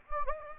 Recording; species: mosquito wingbeat signal from an infrared sensor; Anopheles gambiae